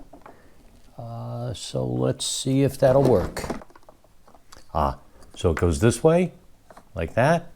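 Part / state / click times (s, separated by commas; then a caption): front plastic part into portable carpet cleaner body / not seated / none. During step 1 of assembling a Bissell Little Green Machine portable carpet cleaner, a front plastic part is being pressed onto the cleaner body while someone talks. A few faint ticks of handling are heard around 3.7 to 4.5 s, but nothing has seated or clicked yet.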